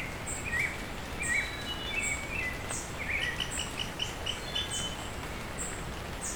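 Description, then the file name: Bird calls, short chirps repeated about once a second with thin high notes above, over a steady hiss of rain on leaves. Bird calling with rain falling on leaves. "Hi-Fi Nature Sounds - Beautiful Bird Call with Rain on Leaves"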